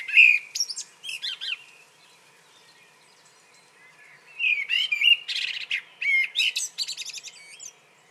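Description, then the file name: Common blackbird song: mellow whistled notes followed by long runs of high, squeaky twittering and scratchy trills. "Turdus merula"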